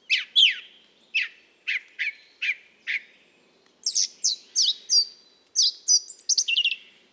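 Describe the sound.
Mistle thrush song opening with a run of repeated downslurred notes, then a quicker phrase of high, squeaky rising-and-falling notes.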